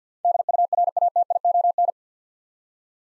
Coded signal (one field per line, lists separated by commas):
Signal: Morse code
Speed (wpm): 50 wpm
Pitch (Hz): 700 Hz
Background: none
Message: DURATION